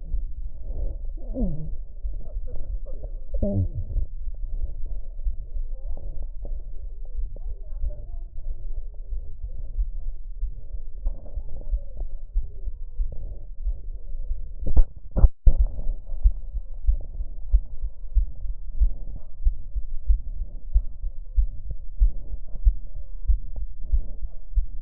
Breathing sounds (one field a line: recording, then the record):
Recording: lung sounds by stethoscope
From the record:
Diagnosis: emphysema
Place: left posterior upper chest